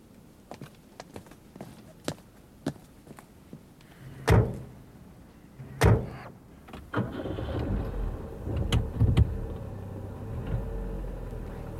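Light footsteps tick along before two heavy car door thuds, a second or so apart, and then an engine turns over and settles into a steady, loud low rumble.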